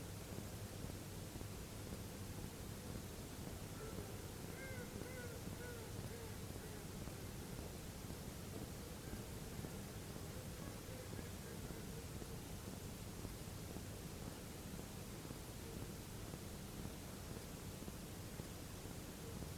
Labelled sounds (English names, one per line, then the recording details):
Mallard
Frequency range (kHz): Mallard 0.4-2.3 kHz
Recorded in France